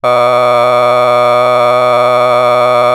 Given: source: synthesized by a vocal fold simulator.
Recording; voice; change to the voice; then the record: sustained vowel; male; a random mix of aspiration noise, stiffness perturbation and strain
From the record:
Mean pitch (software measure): 123 Hz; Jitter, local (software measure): 1.27%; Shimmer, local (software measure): 4.2%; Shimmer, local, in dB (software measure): 0.37 dB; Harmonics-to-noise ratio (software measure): 15.1 dB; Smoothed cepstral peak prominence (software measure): 19.2 dB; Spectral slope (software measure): -13.5 dB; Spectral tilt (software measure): -10.0 dB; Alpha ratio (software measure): -4.0 dB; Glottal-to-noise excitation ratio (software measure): 0.992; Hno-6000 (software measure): 2.0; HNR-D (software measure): 27.0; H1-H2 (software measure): 0.9 dB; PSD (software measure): 1.2e-04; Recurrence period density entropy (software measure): 0.116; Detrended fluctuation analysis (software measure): 0.0293